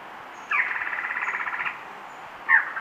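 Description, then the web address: Uniform antshrike singing a fast, even rattle of nasal notes lasting just over a second, followed by one louder separate note. Recorded in Ecuador. "Natures Songs S America Birds of Ecuador Uniform Antshrike"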